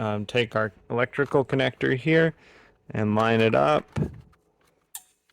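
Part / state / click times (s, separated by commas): electrical connector into clock spring wiring plug / seated / 4.9 s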